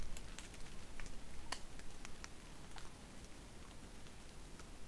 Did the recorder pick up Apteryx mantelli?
no